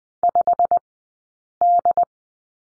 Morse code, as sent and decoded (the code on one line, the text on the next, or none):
..... -..
5D